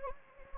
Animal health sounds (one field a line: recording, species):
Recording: mosquito wingbeat signal from an infrared sensor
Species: Anopheles gambiae